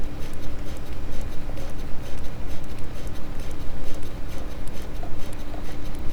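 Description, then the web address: Sperm whale clicking, brief crisp pulses arriving at uneven intervals, with a steady low hum and underwater noise throughout. "Physeter Macrocephalus clean cachalot"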